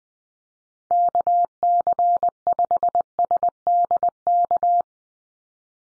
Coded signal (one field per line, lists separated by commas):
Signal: Morse code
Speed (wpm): 20 wpm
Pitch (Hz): 700 Hz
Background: none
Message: KC5SDK